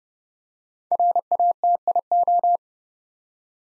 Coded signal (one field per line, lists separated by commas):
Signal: Morse code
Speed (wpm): 30 wpm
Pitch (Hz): 700 Hz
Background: none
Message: RATIO